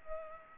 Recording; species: mosquito wingbeat signal from an infrared sensor; Culex pipiens